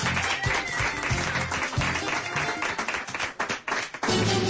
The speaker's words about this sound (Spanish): Un aplauso, por favor.